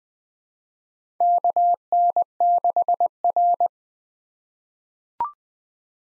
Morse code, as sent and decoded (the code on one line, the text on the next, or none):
-.- -. -.... .-.
KN6R